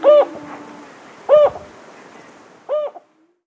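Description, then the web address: Jocotoco antpitta singing three brief, mellow hoots about 1.3 seconds apart, each note slightly rising then falling, with a quiet background. Recorded in South America. "Natures Songs S America Jocotoco Antpitta"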